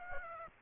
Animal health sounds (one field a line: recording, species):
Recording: mosquito wingbeat signal from an infrared sensor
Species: Aedes aegypti